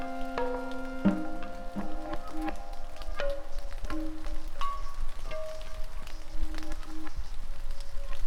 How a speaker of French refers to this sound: Elle tient au pouvoir de se souvenir, de prendre du plaisir à regarder l'horizon et de trouver du réconfort dans le bruit de la pluie qui tombe. Cette même pluie qui tombe si souvent ici et qui bat encore au même rythme que mon cœur.